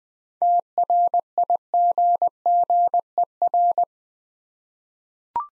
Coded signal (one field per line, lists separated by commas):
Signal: Morse code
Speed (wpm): 20 wpm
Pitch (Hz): 700 Hz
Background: none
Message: TRIGGER